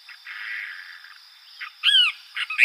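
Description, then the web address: Cassin's kingbird gives one harsh, burry two-part call near the end, followed by the start of another, over a steady high-pitched hum. Arizona, 13 July 2006. "Flycatchers AZFO CAKI 6 B deviche 071306"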